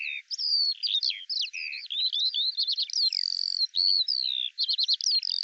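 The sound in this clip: Eurasian skylark singing a dense, continuous warble of high twittering notes, short buzzy trills and sliding whistles, tumbling on with hardly a pause.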